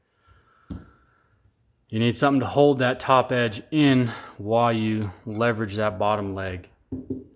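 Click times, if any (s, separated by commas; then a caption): none. Someone holds the top edge of the bolt stop spring while levering its bottom leg up and into the receiver of a Winchester Model 1911 shotgun, with a brief sharp sound near 0.7 s before someone talks. The clip ends before the spring goes home; nothing has seated or clicked yet.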